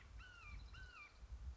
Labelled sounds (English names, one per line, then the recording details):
Red-shouldered Hawk
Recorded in Sonoma County, California